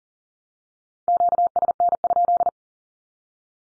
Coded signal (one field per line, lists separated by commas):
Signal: Morse code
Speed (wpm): 40 wpm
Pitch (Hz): 700 Hz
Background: none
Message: QSN?